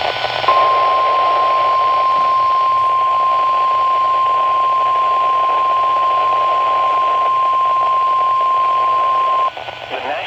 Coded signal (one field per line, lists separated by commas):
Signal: Emergency Alert System (SAME) tones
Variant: 1050 Hz attention tone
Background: speech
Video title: EAS ALERTS FROM 2023 - 'Michigan Mayhem'